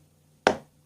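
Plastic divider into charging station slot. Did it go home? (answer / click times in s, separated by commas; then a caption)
yes / 0.5 s. A plastic divider is pressed firmly into a slot of an MSTJRY 5-port USB charging station and gives one sharp snap at 0.5 s as it goes into place. The snap tells you the divider is seated.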